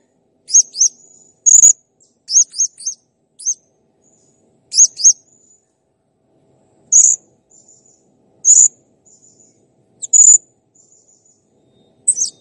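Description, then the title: Blue-crowned hanging parrot song: shrill high chirps in quick groups of two or three, then single sharp squeaks every second or two with thin trailing tones. Training recording used to teach songbirds to sing (masteran), described as a clear, vocally active bird. "Masteran Burung Serindit Ll Masteran Serindit Gacor Jernih"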